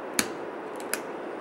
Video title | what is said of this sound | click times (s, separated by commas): Nexxt Spine's Inertia Pedicle Screw System | Both sides clicked in. | 0.2 s, 0.9 s